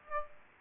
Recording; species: mosquito wingbeat signal from an infrared sensor; Aedes aegypti